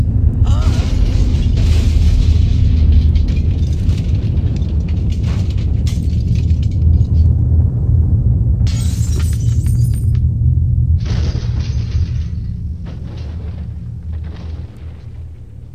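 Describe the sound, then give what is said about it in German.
A car falls apart into scrap: a long, loud crashing din of metal and breaking parts over a deep rumbling boom, with bursts of clatter and shattering that gradually thin out toward the end. “Unser Auto. Aber das kann doch nicht sein. Auseinandergefallen. Wie Schrott.”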